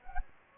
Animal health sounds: mosquito wingbeat signal from an infrared sensor; Anopheles gambiae

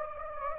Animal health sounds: mosquito wingbeat signal from an infrared sensor; Anopheles gambiae

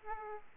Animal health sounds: mosquito wingbeat signal from an infrared sensor; Aedes aegypti

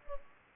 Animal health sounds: mosquito wingbeat signal from an infrared sensor; Culex pipiens

